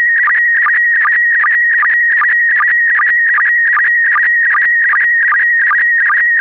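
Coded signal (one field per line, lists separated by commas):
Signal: SSTV (slow-scan television)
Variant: PD50 mode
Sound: steady warbling tone near 2 kHz, broken by short low blips about 2.5 per second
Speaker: over het nieuws van vandaag volgt nu dus het iets langere grote SS tv plaatje in kleur en de mode pd50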